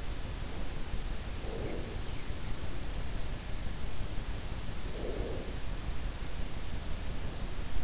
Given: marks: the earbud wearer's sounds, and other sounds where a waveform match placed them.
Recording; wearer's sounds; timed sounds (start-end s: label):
sounds in sleep by an in-ear microphone; breath
1.13-2.43 s: breath
4.82-6.08 s: breath